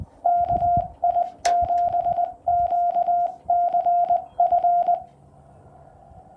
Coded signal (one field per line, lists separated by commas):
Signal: Morse code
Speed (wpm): 19 wpm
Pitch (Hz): 700 Hz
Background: radio noise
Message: KI7QCF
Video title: CW POTA-Activation US-3062